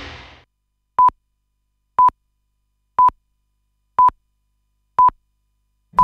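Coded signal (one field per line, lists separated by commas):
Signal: radio time signal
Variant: time pips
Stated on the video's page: Time signal on Ukrainian public broadcaster Radio Promin.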